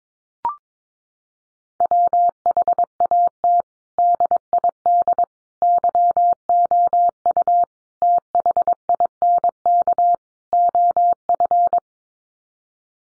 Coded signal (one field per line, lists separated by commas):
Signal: Morse code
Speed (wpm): 22 wpm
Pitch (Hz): 700 Hz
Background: none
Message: WHAT DID YOU THINK OF